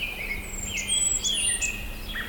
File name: Setophaga fusca - Blackburnian Warbler